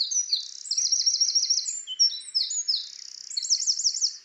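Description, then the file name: Eurasian wren delivers a continuous, energetic stream of piercing notes with two fast rattling trills, one early and one near the end. "Troglodytes troglodytes"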